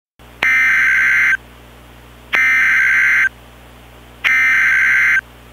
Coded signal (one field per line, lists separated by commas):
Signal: Emergency Alert System (SAME) tones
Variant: header bursts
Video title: PSR Flash Flood Emergency or Miami, AZ (EAS MOCK)